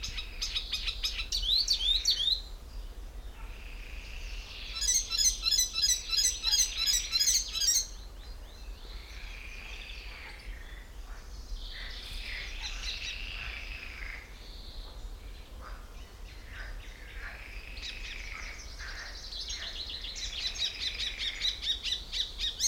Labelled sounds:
Common Chaffinch

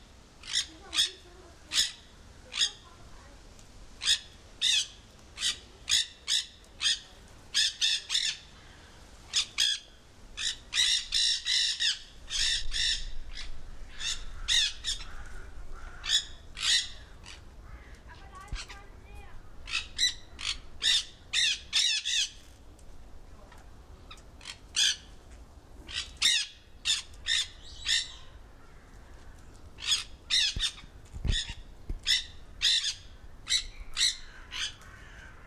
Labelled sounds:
Nanday Parakeet call

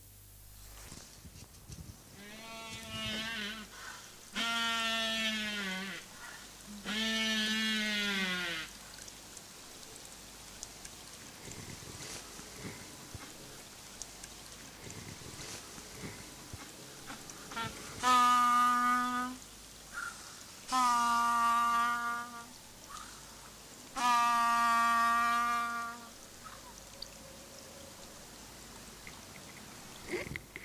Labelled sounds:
Humboldt Penguin call

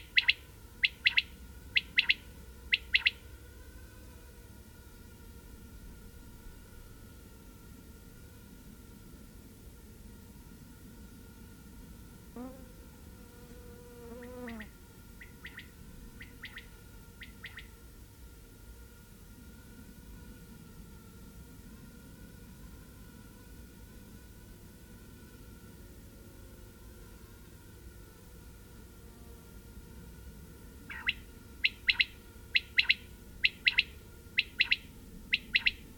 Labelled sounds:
Common Quail call

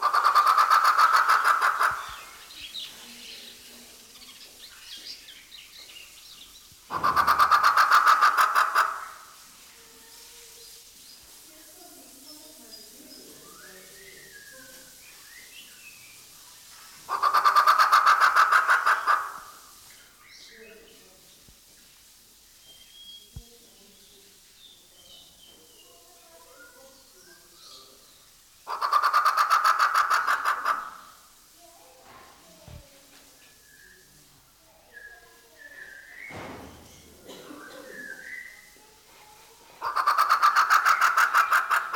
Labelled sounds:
White-rumped Shama

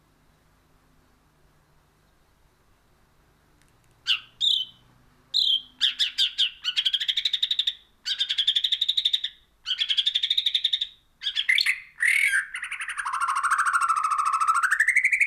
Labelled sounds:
White-rumped Shama song

